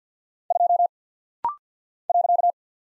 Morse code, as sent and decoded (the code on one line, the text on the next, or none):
..--- / .-.-.-
2 .